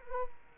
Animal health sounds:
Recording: mosquito wingbeat signal from an infrared sensor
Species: Culex quinquefasciatus

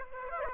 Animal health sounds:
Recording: mosquito wingbeat signal from an infrared sensor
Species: Aedes aegypti

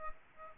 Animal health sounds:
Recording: mosquito wingbeat signal from an infrared sensor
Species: Aedes aegypti

